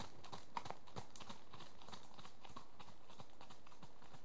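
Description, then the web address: Horses trotting, steady crunching hoofbeats on gravel in a quick overlapping rhythm, several strikes per second throughout. Two horses trotting on a gravelly track, passing left to right. "The BBC Sound Effects Library Horses two horses at trot on gravelly track, l to r"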